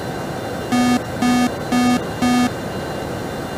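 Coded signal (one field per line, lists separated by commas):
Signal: none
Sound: flight sim chime beeps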